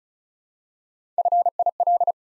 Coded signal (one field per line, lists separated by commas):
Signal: Morse code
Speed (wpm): 36 wpm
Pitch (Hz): 700 Hz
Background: none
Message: FIL